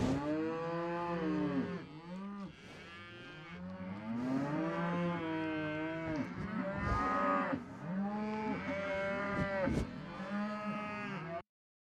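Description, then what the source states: Cow breathing and moaning, a series of harmonic groans rising and falling. Cows breathing on the microphone.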